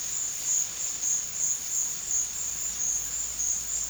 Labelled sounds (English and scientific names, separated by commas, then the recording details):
none
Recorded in dense forest near Puerto Asís, Putumayo, Colombia, on 8 March 2025 at 15:30
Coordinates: 0.484, -76.317
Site G064